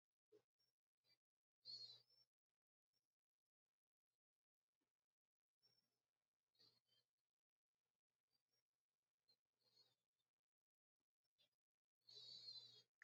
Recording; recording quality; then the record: shallow breathing; excellent, no background noise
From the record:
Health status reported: healthy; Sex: male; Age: 22 years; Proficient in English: yes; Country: United States